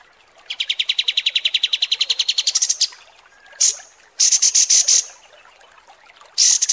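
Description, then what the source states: Kapas tembak song: a steady pulsed trill that rises in pitch near its end, followed by separate short bursts of very high rapid notes. Masteran (tutor song) for training cage birds, described as mewah (luxurious).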